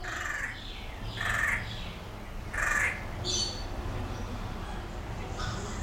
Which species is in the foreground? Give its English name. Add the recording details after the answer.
Vieillot's Barbet. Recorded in captivity. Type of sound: call, call sequence. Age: adult. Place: Zoo Berlin, Berlin, DE. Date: 1994-04-16 11:15. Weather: heiter, 7-12°C. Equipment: Marantz CP 430, Sennheiser ME 80, Kopie Uher Variocord 263. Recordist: Tembrock, Günter. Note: Rauhe "Knarrlaute" (3), Abstand ca. 4 m